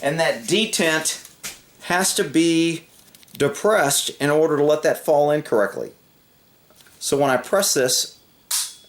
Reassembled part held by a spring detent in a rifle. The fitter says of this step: you see it clicked in a